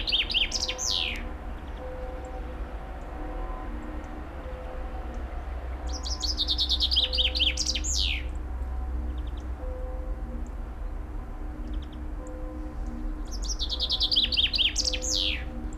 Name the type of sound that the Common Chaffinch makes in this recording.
song